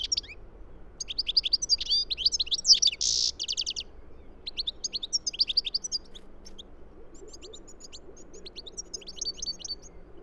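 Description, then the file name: European goldfinch song: several bouts of lively twittering and liquid chirps, with one brief harsh buzzy burst, softer toward the end, low hum in the background. "Carduelis carduelis"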